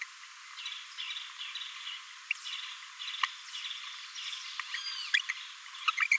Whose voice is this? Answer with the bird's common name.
Green-rumped Parrotlet